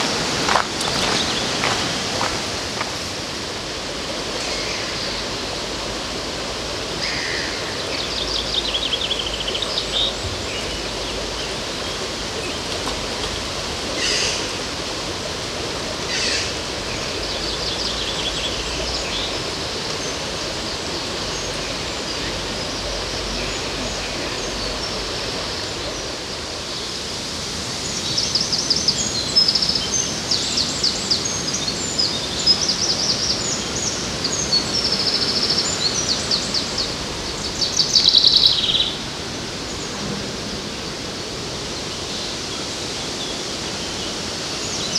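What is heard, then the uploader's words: Along the river in Odense, a steady, soft outdoor hush fills the whole recording with a low rumble beneath. Brief bright chirps surface now and then, and from about 28 to 38 seconds a busier patch of high, chattering bird-like calls rises before settling again. Sounds along the river in Odense, Denmark.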